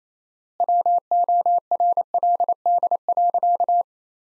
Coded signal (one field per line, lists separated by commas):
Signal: Morse code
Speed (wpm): 28 wpm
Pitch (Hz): 700 Hz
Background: none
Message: WORLD.